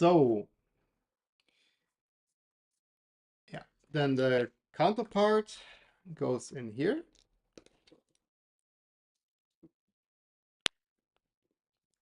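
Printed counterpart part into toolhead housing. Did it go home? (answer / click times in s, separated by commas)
yes / 10.7 s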